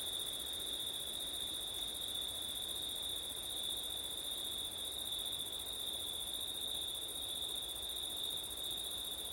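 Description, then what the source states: Crickets chirr in a continuous high chorus with a faint ringing overtone, over a soft, even rush of wind. Crickets on a September night, with wind; ortif recording.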